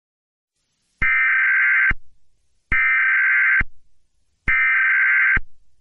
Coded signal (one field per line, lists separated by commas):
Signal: Emergency Alert System (SAME) tones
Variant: header bursts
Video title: RobotBoy: Full EAS Scenario